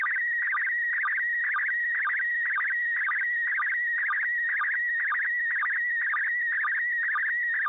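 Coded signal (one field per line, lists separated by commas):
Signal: SSTV (slow-scan television)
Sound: warbling, chirping tone with a steady rhythmic tick about twice a second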